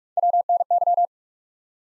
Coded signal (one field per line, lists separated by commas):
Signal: Morse code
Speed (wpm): 47 wpm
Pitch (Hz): 700 Hz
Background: none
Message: WNY